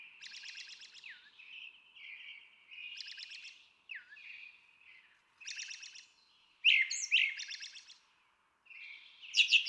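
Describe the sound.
Brown Thrasher song: buzzy bursts alternating with slurred whistled notes, with short pauses between phrases.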